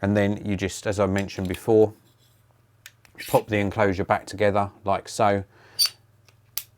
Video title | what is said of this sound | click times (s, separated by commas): WD Blue SN500 NVMe SSD & Plugable Gen 2 Enclosure Review | then it clicks into place | 6.6 s